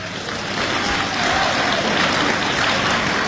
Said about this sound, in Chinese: 这掌声不热烈，怎么唱这？ 啊！我这掌声还不热烈呢，这回大家伙热烈鼓掌，接着来吧。